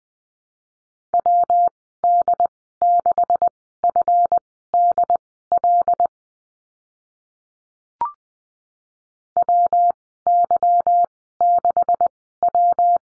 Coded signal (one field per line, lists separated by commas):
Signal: Morse code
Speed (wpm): 20 wpm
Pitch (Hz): 700 Hz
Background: none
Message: WD6FDL WY6W